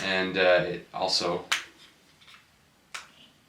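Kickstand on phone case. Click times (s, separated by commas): 3.0 s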